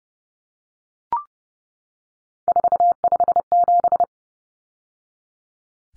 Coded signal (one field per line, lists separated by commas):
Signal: Morse code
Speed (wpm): 30 wpm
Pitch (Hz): 700 Hz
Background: none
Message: 457